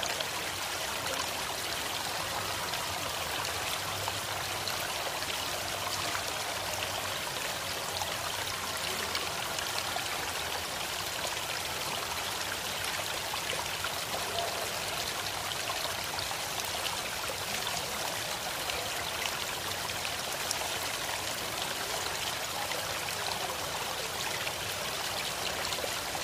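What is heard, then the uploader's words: A massive town fountain pours steadily, a dense hiss of falling water spread bright and even across the whole clip with no pauses or swells. A faint low hum sits underneath in the first ten seconds, likely traffic. Trollkin Fountain: ambient soundscape. The party rests at the base of a massive fountain in the middle of town as the world around them continues it's hectic pace.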